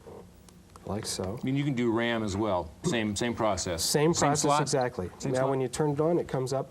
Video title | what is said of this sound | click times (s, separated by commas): Computer Chronicles S08E05 Palmtop Computers | we go just slide in the new card the new card slides right in locks into place like | 0.5 s, 0.8 s